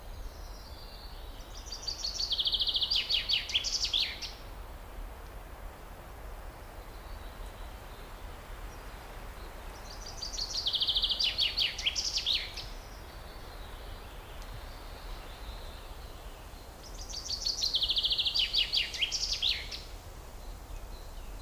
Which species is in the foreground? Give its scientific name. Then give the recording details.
Fringilla coelebs. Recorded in the wild. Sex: male. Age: adult. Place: Bötzow - Krämer, Brandenburg, DE. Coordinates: 52.6736, 13.0725. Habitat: forest. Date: 1997-05-18 15:22. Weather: sunny, 27°C, partially light winds. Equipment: Sony MD-WM MZ-R3, Sennheiser MKH 416 T, Kopie Uher 4000 Report Monitor. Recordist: Tembrock, Günter. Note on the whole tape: Männchen: Gesang, längere Strecke (auf einer Kiefer)